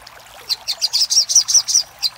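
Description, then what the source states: Little spiderhunter giving a short phrase of about nine sharp, high chip notes at an even, quick pace. Master recording for training cage birds; Indonesian name Sogok Ontong, labelled Labaik.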